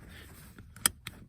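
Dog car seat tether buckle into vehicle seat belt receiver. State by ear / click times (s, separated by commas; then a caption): seated / 0.9 s. A large dog car seat's short tether belt is latched into the vehicle's seat belt buckle to hold the base of the seat in place under braking. Faint taps at 0.6 and 0.8 seconds lead to a sharp, loud click at 0.9 seconds as the buckle seats, followed by a softer knock at 1.1 seconds. The buckle is latched in.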